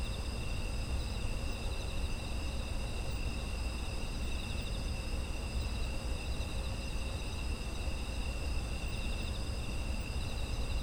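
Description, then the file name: Insects trilling as a dense continuous chorus, high pulsing tones at a few distinct pitches, over a persistent deep rumble. Autumn insect environmental ambience. "秋の虫の環境音"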